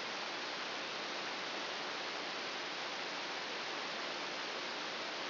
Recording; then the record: brain microelectrode recording played as sound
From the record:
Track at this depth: inside the subthalamic nucleus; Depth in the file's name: 4.801 mm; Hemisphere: right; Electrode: 2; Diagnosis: Parkinson's disease